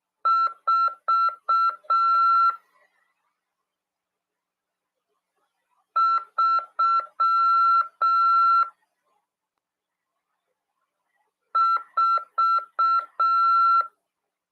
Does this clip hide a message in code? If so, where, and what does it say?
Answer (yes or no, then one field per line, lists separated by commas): yes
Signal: Morse code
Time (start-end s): 0.3-13.8 s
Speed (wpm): 6 wpm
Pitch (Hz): 1350 Hz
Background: none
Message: 4 3 4